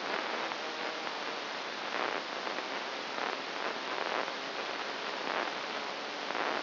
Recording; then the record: brain microelectrode recording played as sound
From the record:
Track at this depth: inside the subthalamic nucleus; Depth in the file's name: 4.901 mm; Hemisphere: left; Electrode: 2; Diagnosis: Parkinson's disease